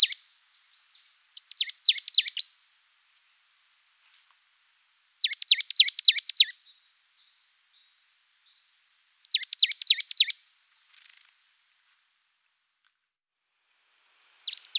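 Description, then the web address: Marsh tit singing repeated phrases of quick, high, downslurred chipping notes, each burst about a second long, separated by silent pauses of two to three seconds. "birdify. parus palustris"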